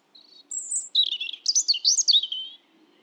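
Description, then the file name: European robin delivering one rich, rambling phrase: a thin opening whistle, then fast twittering trills and sliding high notes, over two seconds long. "Erithacus rubecula"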